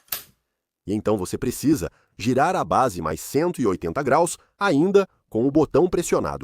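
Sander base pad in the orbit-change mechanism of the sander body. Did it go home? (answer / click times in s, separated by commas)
yes / 0.1 s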